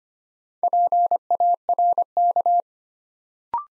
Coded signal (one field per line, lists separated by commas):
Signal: Morse code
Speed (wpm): 25 wpm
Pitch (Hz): 700 Hz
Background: none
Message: PARK